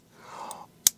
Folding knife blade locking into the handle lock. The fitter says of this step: and you can hear the lock it really snaps in place